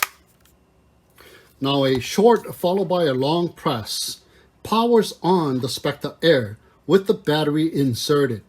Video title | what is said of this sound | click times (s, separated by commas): Specta Air / The DJI Air 3 alternative / Unbox / Closer Look / First Flight / Distance Run | push it all the way in and it'll lock into place | 0.0 s